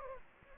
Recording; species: mosquito wingbeat signal from an infrared sensor; Anopheles gambiae